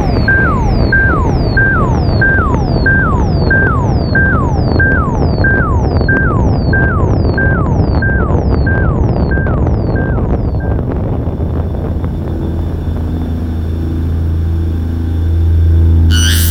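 A spaceship interior hums with a deep, steady reactor rumble while a repeating electronic beep pattern pulses about twice a second, each beep sliding down in pitch. Near eleven seconds the beeps stop, leaving the low drone and faint tones, with a brief bright burst at the end.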